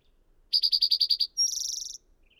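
Bird song: eight buzzy high notes in fast succession, a short pause, then a thin whistle running into a rapid, very high trill.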